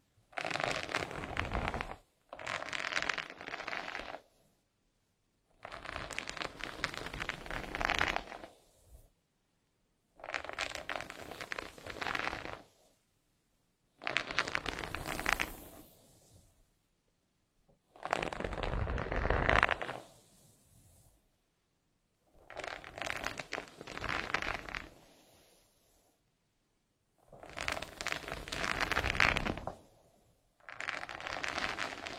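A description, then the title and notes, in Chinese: Hair is combed gently in long, even strokes, each a dense rustling, crackling sweep lasting about two seconds. Short silences separate the strokes, which repeat at a steady, unhurried pace about nine times, with no other sounds in between. 温温柔柔梳头发。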